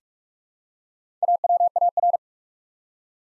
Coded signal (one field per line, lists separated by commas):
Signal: Morse code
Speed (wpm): 44 wpm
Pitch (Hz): 700 Hz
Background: none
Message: AWAR